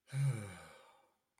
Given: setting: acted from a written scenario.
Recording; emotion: vocal sound without words; serenity